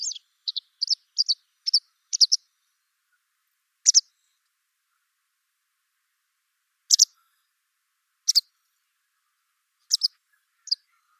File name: Motacilla alba